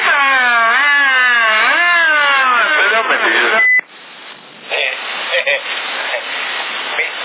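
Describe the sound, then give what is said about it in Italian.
A warbling electronic siren sound effect wails through a tinny CB radio in Sassari in August 2011 for a few seconds, cut off by a short beep, followed by crackling static with brief bursts of noise. “E la sirena mi viene turbo.”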